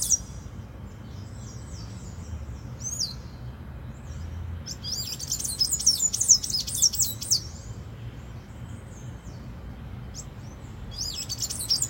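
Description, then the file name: Tanager song: thin, squeaky high twittering phrases, a short burst near the start, a longer busy phrase around the middle and another at the end, over low steady rumble. "Canto do sanhacu verde"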